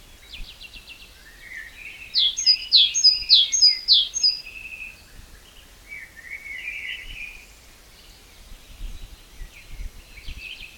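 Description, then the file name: Great tit delivering a burst of sharp, repeated two-note phrases, with softer twittering before and after, and faint background noise. "Parus major"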